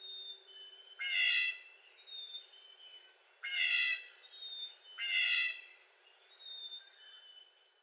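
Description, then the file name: Blue jay giving three loud, harsh nasal whining calls, with quieter sounds between them and background hiss. Recorded 25 April 2022; the jay makes 22 whiny calls. "2022-04-25 Blue Jay making 22 whiny jay calls"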